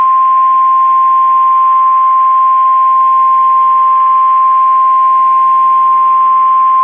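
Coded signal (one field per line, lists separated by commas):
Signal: Emergency Alert System (SAME) tones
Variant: 1050 Hz attention tone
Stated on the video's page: Weather radio station in Amarillo, Texas, alerting for severe storms in the Texas Panhandle.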